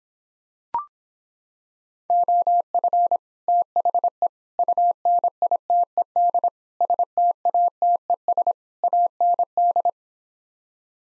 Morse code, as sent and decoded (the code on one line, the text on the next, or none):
--- ..-. / - .... . / ..- -. .. - . -.. / ... - .- - . ... / .- -. -..
OF THE UNITED STATES AND